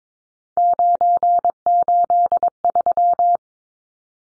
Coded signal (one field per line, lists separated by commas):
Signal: Morse code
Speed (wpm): 22 wpm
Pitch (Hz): 700 Hz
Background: none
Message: 983